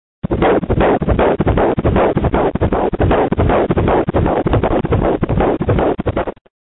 Fetus heartbeat sound effect.